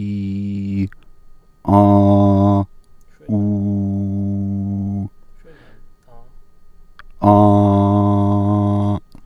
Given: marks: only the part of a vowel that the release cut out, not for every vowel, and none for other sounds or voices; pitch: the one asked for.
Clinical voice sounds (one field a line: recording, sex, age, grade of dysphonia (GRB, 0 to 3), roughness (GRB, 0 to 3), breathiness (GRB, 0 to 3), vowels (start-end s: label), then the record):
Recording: sustained vowels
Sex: male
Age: 30 to 39 years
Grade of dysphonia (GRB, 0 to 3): 0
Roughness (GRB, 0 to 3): 0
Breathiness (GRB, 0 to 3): 0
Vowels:
0.00-0.74 s: vowel /i/, normal pitch
3.38-4.96 s: vowel /u/, normal pitch
7.50-8.90 s: vowel /a/, normal pitch
From the record:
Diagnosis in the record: healthy voice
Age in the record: 38 years